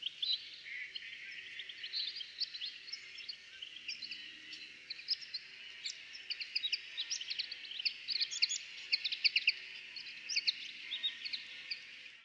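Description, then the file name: European goldfinch twittering: a continuous, lively jumble of rapid high tinkling and chirping notes throughout, against a quiet background. "Carduelis carduelis"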